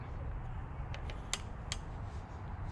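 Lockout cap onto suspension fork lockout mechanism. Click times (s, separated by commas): 1.3 s, 1.7 s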